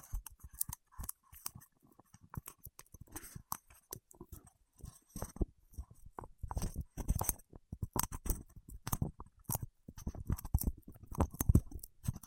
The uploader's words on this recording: ASMR with Wax Fingertips for Sleep (No Talking).